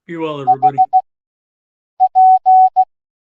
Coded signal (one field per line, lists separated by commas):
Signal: Morse code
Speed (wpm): 16 wpm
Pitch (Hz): 750 Hz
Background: speech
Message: HP